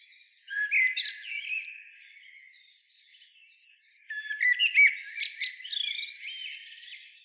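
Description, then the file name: Common blackbird giving a short twittering phrase, a quiet pause, then a longer, louder burst of rapid squeaky and whistled notes. "Turdus merula"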